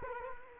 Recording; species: mosquito wingbeat signal from an infrared sensor; Culex quinquefasciatus